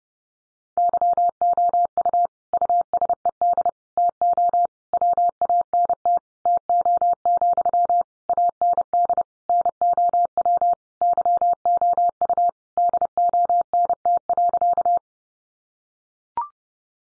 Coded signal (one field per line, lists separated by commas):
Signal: Morse code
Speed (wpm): 30 wpm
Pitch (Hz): 700 Hz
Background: none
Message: YOU USED TO WANT TO, AND NOW YOU DONT.